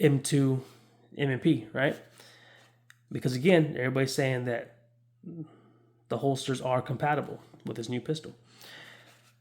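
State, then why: Not seated. Someone talks throughout; one brief sharp tick at 2.9 s could be mistaken for a seating click.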